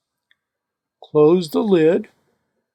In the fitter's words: make sure the little lever clicks into place